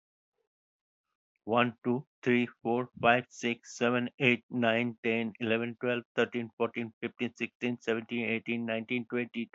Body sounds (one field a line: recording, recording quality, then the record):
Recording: counting at a fast pace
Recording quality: excellent, no background noise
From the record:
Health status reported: exposed to COVID-19, no respiratory illness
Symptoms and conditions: muscle pain, hypertension, diabetes, ischaemic heart disease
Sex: male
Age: 70 years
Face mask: not worn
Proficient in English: yes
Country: India